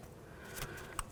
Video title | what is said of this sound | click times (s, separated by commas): How to Replace Front Wheel Bearing 2008-12 Chevy Malibu | Make sure it clicks in and locks | 1.0 s